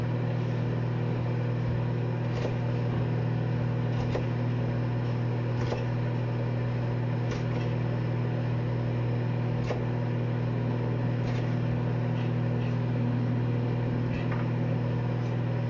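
Vegetables are being cut while curry is made, with sharp knife taps on the board landing about every second and a half to two seconds. Underneath runs a loud, steady low hum, like a kitchen appliance or fan, that never changes.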